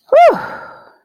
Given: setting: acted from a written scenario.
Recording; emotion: vocal sound without words; relief